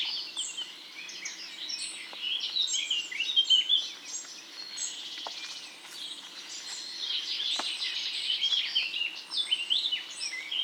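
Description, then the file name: European robin song: a dense, continuous flow of high twittering and warbling notes, with faint background noise. "Erithacus rubecula"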